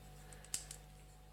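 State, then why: Seated. A plastic piece of a transforming toy figure is pushed back into its normal position and snaps into place with a sharp click at 0.5 s. A few faint ticks come before it and a smaller snap follows at 0.7 s, over a steady low hum. The piece is seated.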